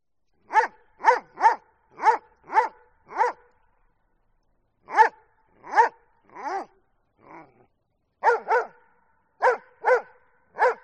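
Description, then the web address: Dobermann giving a quick run of barks, then a pause, a softer drawn-out bark and further barking bursts, each bark trailed by a faint echo. Barking in the street, with echo. "el sonido del ladrido de un doberman con eco en la calle"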